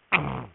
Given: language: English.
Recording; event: throat vibration sensor signal played as sound; throat clearing